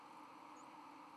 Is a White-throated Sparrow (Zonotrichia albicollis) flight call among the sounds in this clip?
no